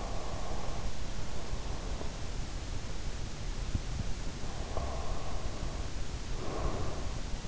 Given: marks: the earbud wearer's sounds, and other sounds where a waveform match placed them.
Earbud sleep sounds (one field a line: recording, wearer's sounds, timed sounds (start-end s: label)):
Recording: sounds in sleep by an in-ear microphone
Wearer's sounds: breath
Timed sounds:
0.00-2.39 s: breath
4.78-7.37 s: breath